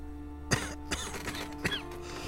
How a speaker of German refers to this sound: Geben Sie mir Ihre Hand. Husten Sie.